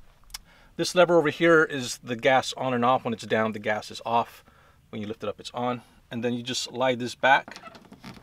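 Someone talks while handling the propane line quick-connect coupling for an RV outdoor kitchen, with the sleeve about to be slid back to push it onto the outdoor kitchen gas fitting. A brief tap is heard near the start and faint handling sounds at the very end. The coupling has not seated or clicked yet.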